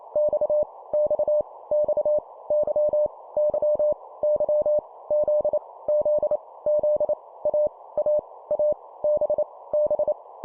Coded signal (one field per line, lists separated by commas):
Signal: Morse code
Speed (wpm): 28 wpm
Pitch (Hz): 600 Hz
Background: none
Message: X X X Y Y Y Z Z Z A A A B B